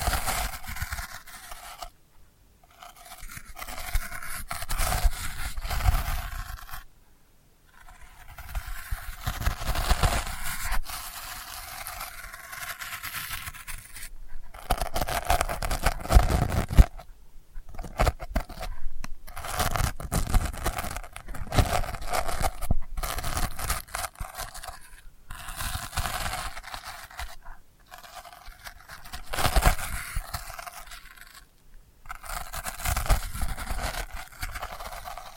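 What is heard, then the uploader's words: Delicate scratching comes in uneven bursts of dry, papery scraping, each lasting a few seconds and separated by short silent gaps near 2, 7, 15, 17 and 31 seconds. The texture is bright and gritty, with brief sharper rasps scattered through the strokes. ASMR Delicate Scratching for Sleep (No Talking).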